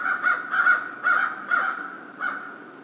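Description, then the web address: American crow calling with a run of harsh, grating caws, several close together then a few more spaced out. Recorded 2 March 2010. "Crow 2010 03 02 American Crow 03"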